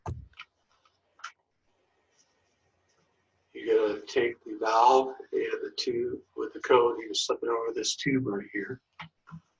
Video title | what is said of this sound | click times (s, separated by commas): How to unpack and install your SoftPro Water Softener | it down locks at the place you're | 0.1 s